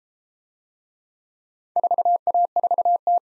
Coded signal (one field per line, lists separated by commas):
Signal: Morse code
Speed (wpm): 31 wpm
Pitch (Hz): 700 Hz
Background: none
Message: 4A4T